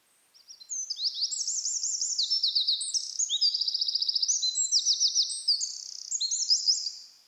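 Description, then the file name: Eurasian wren song: a loud, rapid, high-pitched outpouring of trills and sharp notes lasting about seven seconds, with fast rattling runs in the middle. "Troglodytes troglodytes"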